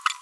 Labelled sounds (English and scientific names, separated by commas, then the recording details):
Green-rumped Parrotlet (Forpus passerinus) babbling
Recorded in a nest box in Venezuela
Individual 18B25A3